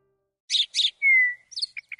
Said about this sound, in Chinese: 挂起来的笼子左右摇摆，鸟儿扇着翅膀扑棱棱地从横杆上落下，歪头望着空空如也的石槽，脑袋转来转去，绿豆大的黑眼睛里充满了疑惑。